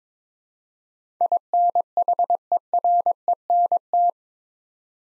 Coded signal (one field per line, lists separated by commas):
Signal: Morse code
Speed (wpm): 22 wpm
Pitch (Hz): 700 Hz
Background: none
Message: INHERENT